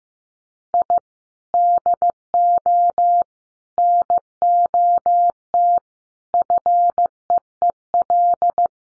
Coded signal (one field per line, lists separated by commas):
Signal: Morse code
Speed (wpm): 15 wpm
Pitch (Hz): 700 Hz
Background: none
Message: I DO NOT FEEL